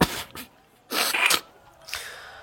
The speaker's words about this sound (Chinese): 公孙打了个喷嚏，揉了揉鼻子，开始焦躁。